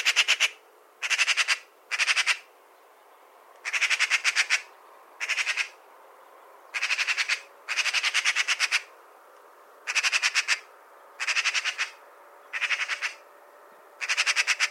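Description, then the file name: Eurasian magpie chattering steadily, about a dozen short harsh rattles of rapid clicks following one another with brief gaps. "Pica pica"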